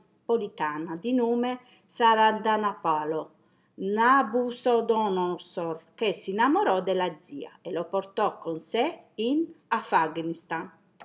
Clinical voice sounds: read passage; Italian; female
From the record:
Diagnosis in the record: healthy control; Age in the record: 60 years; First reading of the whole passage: 59 s, 7.9 characters per second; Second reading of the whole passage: 55 s, 8.5 characters per second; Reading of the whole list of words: 44 s, 6.4 characters per second

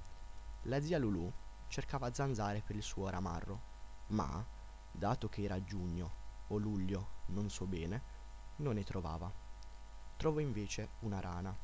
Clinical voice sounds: read passage; Italian; male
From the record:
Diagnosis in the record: healthy control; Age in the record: 19 years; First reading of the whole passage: 46 s, 11.4 characters per second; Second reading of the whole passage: 54 s, 9.6 characters per second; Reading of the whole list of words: 54 s, 5.2 characters per second

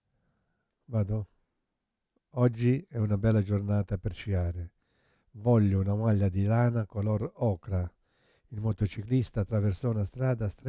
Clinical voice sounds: read phrases; Italian; male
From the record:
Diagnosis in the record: Parkinson's disease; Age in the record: 71 years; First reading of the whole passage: 50 s, 10.4 characters per second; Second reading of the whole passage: 45 s, 11.4 characters per second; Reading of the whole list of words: 37 s, 7.6 characters per second

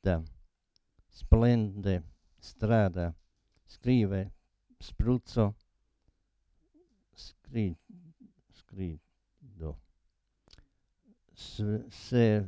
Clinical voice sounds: read list of words; Italian; male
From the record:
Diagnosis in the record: Parkinson's disease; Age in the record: 72 years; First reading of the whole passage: 118 s, 4.4 characters per second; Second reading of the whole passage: 99 s, 5.2 characters per second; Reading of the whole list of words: 88 s, 3.2 characters per second

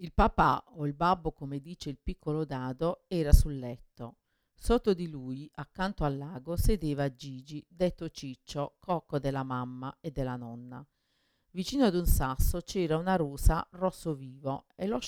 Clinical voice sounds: read passage; Italian; female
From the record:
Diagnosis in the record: Parkinson's disease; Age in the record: 61 years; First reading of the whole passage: 53 s, 9.7 characters per second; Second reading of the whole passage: 51 s, 10.1 characters per second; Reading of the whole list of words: 49 s, 5.7 characters per second

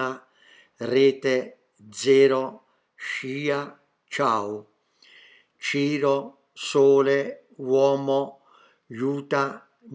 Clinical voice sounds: read list of words; Italian; male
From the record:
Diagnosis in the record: healthy control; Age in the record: 77 years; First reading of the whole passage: 68 s, 7.6 characters per second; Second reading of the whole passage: 60 s, 8.3 characters per second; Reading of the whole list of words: 67 s, 4.2 characters per second

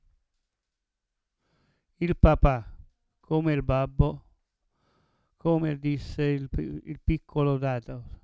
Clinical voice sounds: read passage; Italian; male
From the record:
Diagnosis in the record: Parkinson's disease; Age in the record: 70 years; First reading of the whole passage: 112 s, 4.6 characters per second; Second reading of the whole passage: 107 s, 4.9 characters per second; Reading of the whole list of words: 68 s, 4.1 characters per second

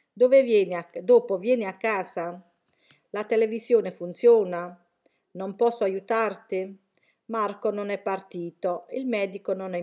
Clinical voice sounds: read phrases; Italian; female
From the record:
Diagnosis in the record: healthy control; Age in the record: 61 years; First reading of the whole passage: 59 s, 8.5 characters per second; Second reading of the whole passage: 54 s, 7.6 characters per second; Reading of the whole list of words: 57 s, 4.9 characters per second

